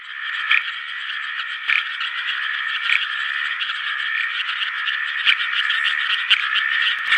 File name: uperoleia rugosa